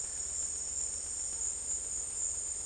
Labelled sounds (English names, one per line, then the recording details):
none
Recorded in dense forest near Puerto Asís, Putumayo, Colombia, on 20 December 2024 at 13:30
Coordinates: 0.482, -76.320
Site G021